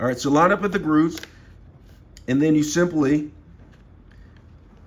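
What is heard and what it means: A plastic battery compartment cover is lined up with the grooves on a Swiffer Power Mop spray mop handle, ready to slide down, while someone talks in two bursts and a few faint handling ticks follow. Nothing has seated or clicked yet.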